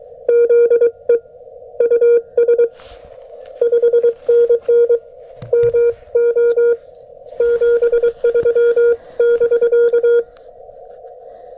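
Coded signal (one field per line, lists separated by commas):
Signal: Morse code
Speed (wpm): 23 wpm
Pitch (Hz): 470 Hz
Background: none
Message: ZEUS 5NN MO 73 <BK>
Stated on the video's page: Sent on a 1985 Vibroplex Presentation Model bug during an outdoor POTA park activation; operator not proficient with the bug.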